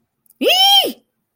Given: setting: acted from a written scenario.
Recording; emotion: vocal sound without words; fear